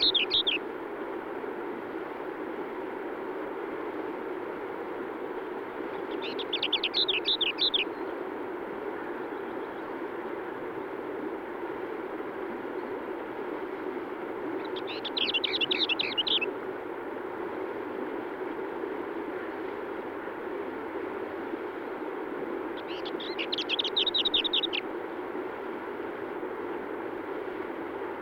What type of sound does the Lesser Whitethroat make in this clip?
song